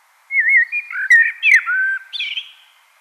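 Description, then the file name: Common blackbird warbling a single fluted phrase of looping, slurred whistles, ending on a higher, thin squeaky note. "Turdus merula"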